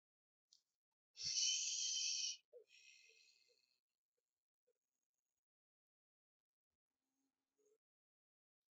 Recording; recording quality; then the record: sustained vowel as in made; excellent, no background noise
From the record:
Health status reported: COVID-19 positive, moderate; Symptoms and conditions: cough, cold, breathing difficulty, sore throat, fever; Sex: male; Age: 51 years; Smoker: not ticked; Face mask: worn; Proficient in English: yes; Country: India